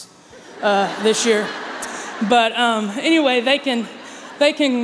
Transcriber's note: laughter